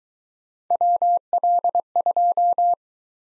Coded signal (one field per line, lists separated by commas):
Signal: Morse code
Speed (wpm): 23 wpm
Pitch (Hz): 700 Hz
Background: none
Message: WL2